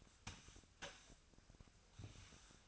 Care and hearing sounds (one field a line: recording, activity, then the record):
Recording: daily activity, microphone in the room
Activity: sweep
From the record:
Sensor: 2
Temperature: 25.5 degrees Celsius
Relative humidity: 38.8%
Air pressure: 1006.8 hPa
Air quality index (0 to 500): 198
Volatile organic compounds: 13 ppm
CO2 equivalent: 2426 ppm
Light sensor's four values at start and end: 9/22/9/9 and 9/22/9/9